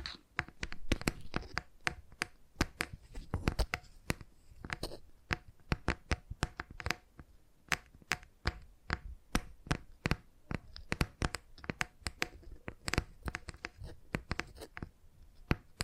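Tingly tapping sounds: sharp, crisp taps arrive in quick, irregular bursts throughout, sometimes clustered in rapid runs and sometimes spaced apart. Each tap is brief and bright with a soft thump underneath, and faint handling and rustling fills the gaps.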